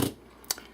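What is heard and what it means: A small POV camera is unclipped from its snap-in mount on a homemade, painted metal bow bracket by pressing the release and pulling it off. A brief broadband rustle opens the clip, followed by a faint tick at 0.4 s and a sharp, bright click at 0.5 s. The camera is released from the mount.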